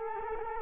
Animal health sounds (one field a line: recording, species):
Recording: mosquito wingbeat signal from an infrared sensor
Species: Culex quinquefasciatus